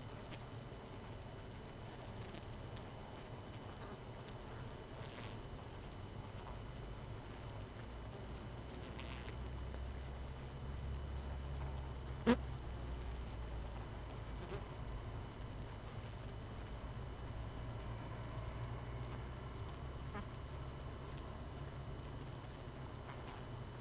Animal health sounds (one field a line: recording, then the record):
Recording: honeybee colony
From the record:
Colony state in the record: missing queen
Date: 31 May 2018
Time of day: 22:02